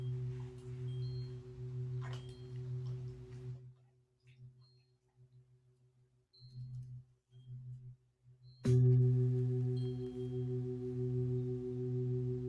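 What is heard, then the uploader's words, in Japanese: Three large singing bowls ring in a sound-healing session, their low hum sustained and layered with steady higher overtones. The ringing fades to near silence around four seconds, pulses faintly, then a fresh strike near eight and a half seconds brings a loud, full ring. 大きいボウル3つだけのサウンドヒーリングLive メキシコは朝です。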